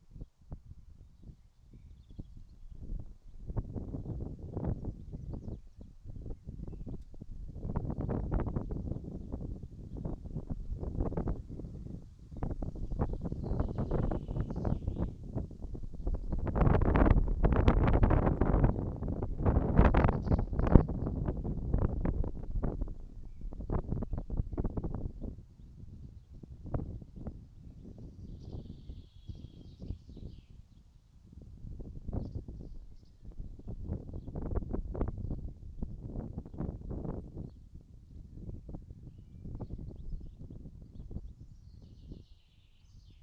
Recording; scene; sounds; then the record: everyday scene through a hearing-aid microphone; wind on the microphone; wind, birds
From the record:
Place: in front of a rural house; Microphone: in the ear canal, right